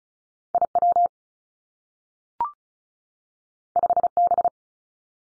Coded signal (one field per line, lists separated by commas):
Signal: Morse code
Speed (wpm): 36 wpm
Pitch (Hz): 700 Hz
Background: none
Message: I W 5 B